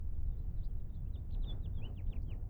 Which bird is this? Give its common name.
House Finch